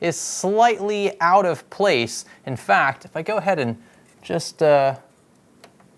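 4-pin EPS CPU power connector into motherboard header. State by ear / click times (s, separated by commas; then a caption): seated / 5.6 s. Someone talks, then pushes a half-seated 4-pin half of a split 4+4 EPS CPU power plastic connector fully into the motherboard socket. A quiet, sharp click is heard at 5.6 s, with a fainter tick just after. The connector is seated, confirmed as felt and heard despite the click being quiet.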